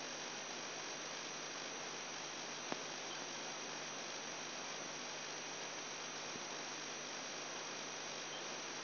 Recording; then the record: brain microelectrode recording played as sound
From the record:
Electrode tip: outside the subthalamic nucleus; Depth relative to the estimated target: -6 mm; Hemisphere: right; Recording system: AlphaMap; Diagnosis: Parkinson's disease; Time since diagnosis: 10 years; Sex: male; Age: 58 years